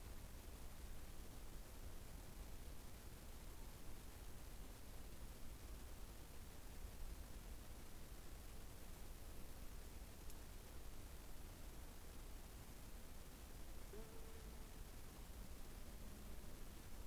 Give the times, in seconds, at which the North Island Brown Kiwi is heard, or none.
none